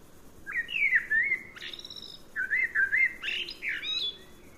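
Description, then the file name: Common blackbird singing mellow, looping whistled phrases that end in a thin, squeaky twitter, then a second fluted phrase followed by another high twittering flourish. "Turdus merula"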